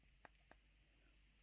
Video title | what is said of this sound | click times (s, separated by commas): Ugandan Knuckles for Moonshine Animations | and then it clicks back in again and it's a sort of hold | 0.2 s, 0.5 s